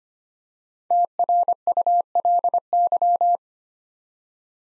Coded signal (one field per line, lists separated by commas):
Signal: Morse code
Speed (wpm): 25 wpm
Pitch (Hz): 700 Hz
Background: none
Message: TRULY